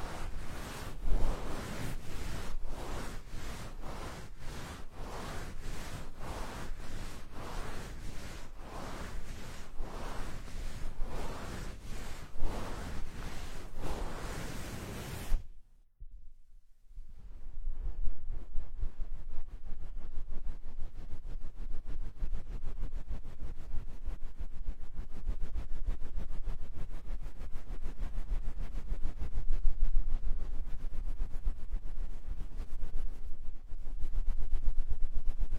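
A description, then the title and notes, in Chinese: A dry hair wash, starting with loud, full rubbing strokes that repeat at a steady pace of more than one per second for about fifteen seconds. After a brief near-silent pause, a softer, dense, quick scratchy rustling continues to the end. 发廊小姐姐为你的头发做干洗。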